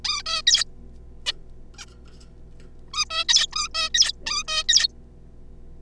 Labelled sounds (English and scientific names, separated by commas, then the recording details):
Zebra Finch (Taeniopygia guttata)
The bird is a juvenile
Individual R3549